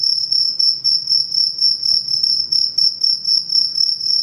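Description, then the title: Cricket chirping in a steady high-pitched trill, pulsing rapidly about four times a second, with a faint low hum underneath. Cricket sound played to repel mosquitoes, insects and rats. "Suara Pengusir Nyamuk Anti Masquito Jangkrik pengusir tikus"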